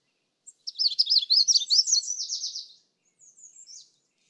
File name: Magnolia Warbler